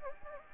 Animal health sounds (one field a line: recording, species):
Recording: mosquito wingbeat signal from an infrared sensor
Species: Anopheles gambiae